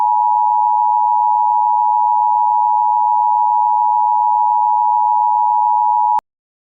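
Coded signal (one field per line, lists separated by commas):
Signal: Emergency Alert System (SAME) tones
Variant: 853 and 960 Hz attention tone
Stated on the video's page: Fictional EAS scenario.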